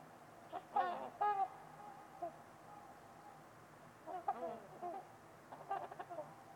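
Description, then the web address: Trumpeter swans calling in short bursts of a few resonant honks, separated by quiet gaps. Trumpeter swans calling on a winter evening at Winters Lake in a deep, silent valley. "Trumpeter Swans on a Winter's Eve. Wind Is the Original Radio. Winters-Lake-with-Swan"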